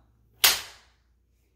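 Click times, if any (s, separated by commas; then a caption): 0.4 s. The folding seat of a Comodita Tipo all-terrain rollator walker is spread apart and pushed down until its metal cross-brace frame locks open on the walker frame. A sharp, loud broadband click snaps at 0.4 s and fades over about half a second, with near silence before and after. The seat frame locks into the open position.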